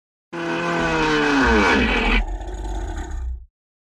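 Lion roar: a loud, harsh, drawn-out growl with a falling pitch that breaks into a rougher, throaty rasp before fading after about three seconds.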